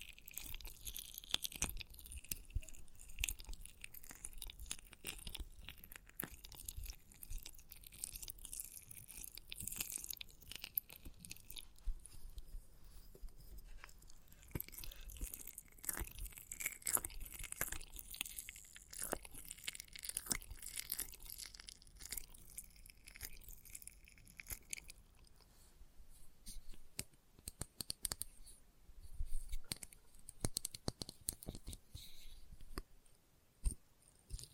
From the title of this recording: Experimental Triggers in Test Tubes